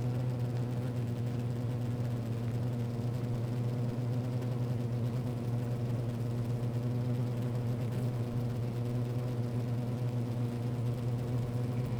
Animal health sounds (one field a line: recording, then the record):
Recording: honeybee colony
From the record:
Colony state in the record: active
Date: 28 July 2017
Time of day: 15:31